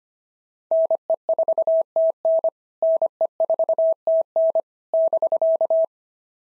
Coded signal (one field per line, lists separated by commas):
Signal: Morse code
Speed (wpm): 25 wpm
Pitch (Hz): 650 Hz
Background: none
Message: NE4TN NE4TN <BK>